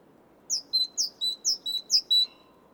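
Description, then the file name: Great tit repeating a clear, ringing two-part phrase, high note then lower note, four times in under two seconds, steady low hiss behind. "Parus major"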